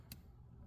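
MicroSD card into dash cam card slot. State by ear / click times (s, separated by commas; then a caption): seated / 0.1 s. A microSD memory card is pushed into the card slot of a VIOFO A229 Plus dash cam. A single sharp, bright click sounds at 0.1 s over a low, steady background rumble, and the card latches and seats in the slot.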